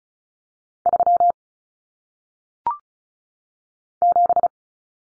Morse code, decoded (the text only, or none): 3 7